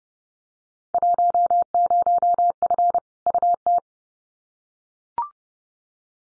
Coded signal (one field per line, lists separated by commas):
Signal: Morse code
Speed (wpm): 30 wpm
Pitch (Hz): 700 Hz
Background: none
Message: 10F UT